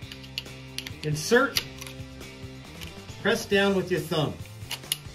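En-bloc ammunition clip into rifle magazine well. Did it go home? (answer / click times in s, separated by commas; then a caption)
yes / 4.7 s, 4.9 s. A loaded metal en-bloc clip is pressed down with the thumb into the top of the magazine of a Mannlicher M1895 (Steyr M95, 8x56) straight-pull bolt-action rifle while someone talks over faint background music. Small metallic clicks and handling sounds come and go, then the clip latches with clicks at 4.7 and 4.9 seconds. It is seated in the magazine.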